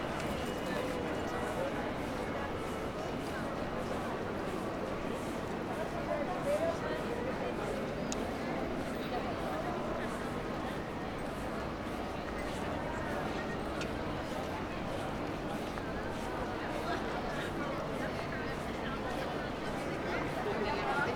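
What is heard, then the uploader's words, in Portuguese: A short walk through Puerta del Sol, with dense, steady crowd chatter, overlapping voices and faint clicks of footsteps throughout. Pequeno percurso na Puerta del Sol.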